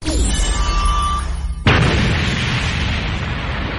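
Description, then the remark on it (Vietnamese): Two loud explosive booms: the first erupts with a crackling tail and faint ringing tones, then a second heavy blast hits at about 1.7 seconds and rolls into a long, rumbling low roar. “Âm thanh nổ vang lập tức bộc phát”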